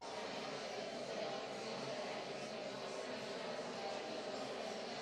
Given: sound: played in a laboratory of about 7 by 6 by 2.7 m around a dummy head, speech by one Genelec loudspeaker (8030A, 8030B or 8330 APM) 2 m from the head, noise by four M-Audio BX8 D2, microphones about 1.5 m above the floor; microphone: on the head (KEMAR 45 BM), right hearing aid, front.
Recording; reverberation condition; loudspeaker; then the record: babble noise; high; four, about 170 cm from the corners of the room and facing them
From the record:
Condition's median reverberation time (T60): about 1300 ms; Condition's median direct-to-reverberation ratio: about -4.0 dB